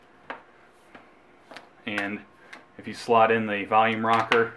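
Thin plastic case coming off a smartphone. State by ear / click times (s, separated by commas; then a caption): released / 0.3 s. A Spigen Ultra Thin Air thin plastic case is pressed at one corner and snapped off a Samsung Galaxy S4 smartphone, with a sharp snap at 0.3 s as the case pops free. Two fainter clicks follow at about 1.0 s and 1.6 s, then someone talks. The case comes off the phone.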